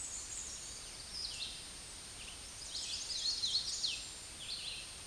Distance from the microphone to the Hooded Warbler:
about 30 m